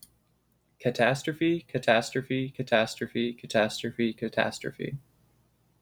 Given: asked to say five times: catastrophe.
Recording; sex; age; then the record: repeated word; male; 20 to 29 years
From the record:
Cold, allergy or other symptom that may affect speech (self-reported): no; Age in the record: 22 years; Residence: Florida, United States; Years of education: 15